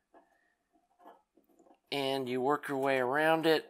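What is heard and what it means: A rubber grommet is started by hand into a metal chassis hole for a KT88 single-ended amplifier build, with faint, soft handling rubs and taps in the first two seconds. Someone then talks over the rest of the clip. Nothing has seated or clicked yet.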